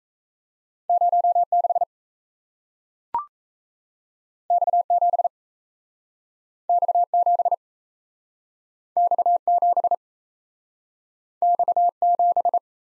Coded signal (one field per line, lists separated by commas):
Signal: Morse code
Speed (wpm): 38 wpm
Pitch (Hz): 700 Hz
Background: none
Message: 06 X7 X7 X7 X7